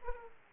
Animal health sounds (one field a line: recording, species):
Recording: mosquito wingbeat signal from an infrared sensor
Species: Aedes aegypti